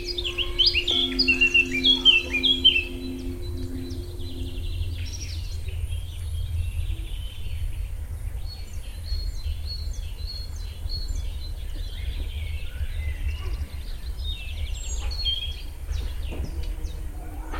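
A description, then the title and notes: Birds chirp and trill throughout, busiest in the first three seconds, with a low steady rumble of wind and a plane underneath. A sustained low humming tone, perhaps a bee, holds for the first five seconds, then fades, leaving scattered high calls. I’m still amazed what the little microphone of the Roland R 07 picks up.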